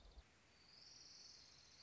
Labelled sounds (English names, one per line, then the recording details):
Orange-crowned Warbler
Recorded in Sonoma County, California